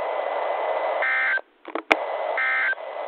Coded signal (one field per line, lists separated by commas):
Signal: Emergency Alert System (SAME) tones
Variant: end-of-message bursts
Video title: EAS #431-436: 6 NWR Practice/Demos- Nov. 5, 2020